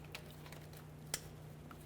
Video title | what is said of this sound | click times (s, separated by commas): How to Replace Axle Shift Actuator 2002-2009 Chevrolet Trailblazer | got a nice click from that we'll give it a light tug | 1.1 s